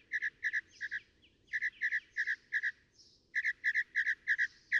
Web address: songs Northern Mockingbird